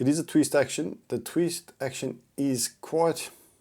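Someone talks while handling the twist mechanism of a pen, whose twist action is stiff. Only speech is heard, with no click; the clip ends before the twist reaches the end of its travel, so nothing has seated or clicked yet.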